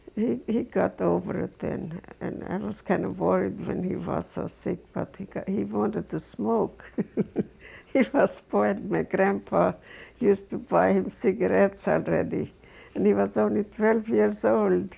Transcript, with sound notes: he got over it and I was kind of worried when he was so sick but he got, he wanted to smoke. (She laughs.) He was spoiled, my grandpa used to buy him cigarettes already, and he was only twelve years old.